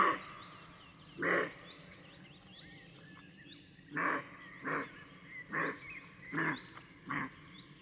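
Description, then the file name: Roe deer barking: six rough, gruff barks, a lone one first, then five in a steady run under a second apart, over chirping birds. "Capriolo da xenocanto"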